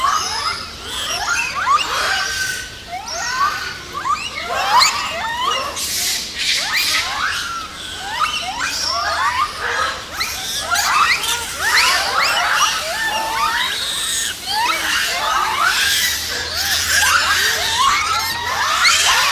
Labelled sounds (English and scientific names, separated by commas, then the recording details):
Japanese Macaque (Macaca fuscata) aggressive call
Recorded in captivity
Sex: group
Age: diverse
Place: Zoo Berlin, Berlin, DE
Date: 2000-09-07 15:26
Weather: heiter, 16°C
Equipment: Nagra SN, Kopie Uher 4000 Report Monitor
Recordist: Tembrock, Günter